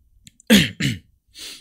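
Two harsh, loud coughs in quick succession, followed by a softer, breathy rasp after a short pause. No one speaks.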